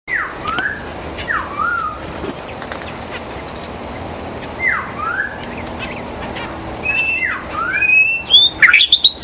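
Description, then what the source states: White-rumped shama song: loud, clear whistled notes slurring down and up, given in short separated phrases, ending in a burst of higher, sharper notes. In the forest.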